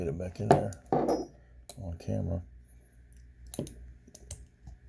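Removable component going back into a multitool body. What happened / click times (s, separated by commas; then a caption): Metal part handled, not yet locked home / none. Someone talks while a removable metal part is handled and brought back toward the body of a Leatherman Charge TTI multitool after a fumbled first try. Short sharp handling taps come at about 3.5, 3.7, 4.2 and 4.3 seconds. The clip ends before the part is pushed home, so nothing has seated or clicked into place yet.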